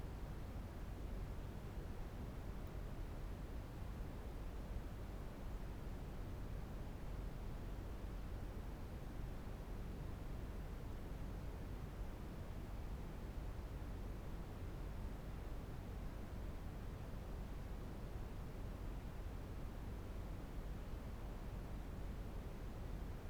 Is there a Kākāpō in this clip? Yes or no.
no